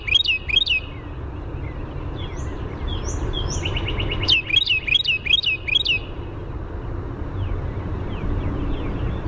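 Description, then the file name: Carolina wren song, the tail of one rolling bout at the start and a full series of about five loud repeated phrases midway, other soft bird notes between. "CARW song"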